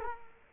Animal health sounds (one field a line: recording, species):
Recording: mosquito wingbeat signal from an infrared sensor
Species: Culex quinquefasciatus